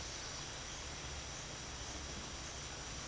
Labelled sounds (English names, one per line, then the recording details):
none
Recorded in secondary vegetation near Puerto Asís, Putumayo, Colombia, on 25 June 2025 at 13:30
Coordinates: 0.500, -76.326
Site GP08